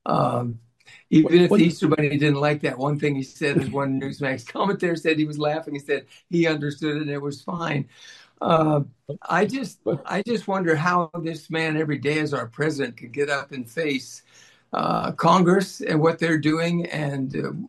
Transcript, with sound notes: even if the Easter Bunny didn't like that one thing he said-
(laughs)
... as one Newsmax commentator said he was laughing, he said he understood it and it was fine. Um, I just- I just wonder how this man every day as our president could get up and face, uh, Congress and what they're doing and,